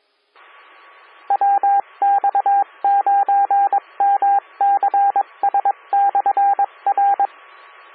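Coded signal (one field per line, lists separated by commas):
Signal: Morse code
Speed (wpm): 21 wpm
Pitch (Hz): 800 Hz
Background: radio noise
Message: WX9MCS/R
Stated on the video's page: Audio from a 147.255 MHz SKYWARN repeater.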